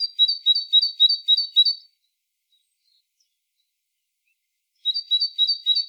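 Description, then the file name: Great tit song: a bright, high two-note phrase repeated rapidly several times, then a pause of about three seconds before the same see-saw phrase returns. "Parus major"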